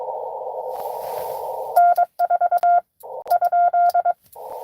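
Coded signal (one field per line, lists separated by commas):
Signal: Morse code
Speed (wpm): 23 wpm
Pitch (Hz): 1400 Hz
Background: none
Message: N4 ?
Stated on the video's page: Live CW Parks on the Air activation.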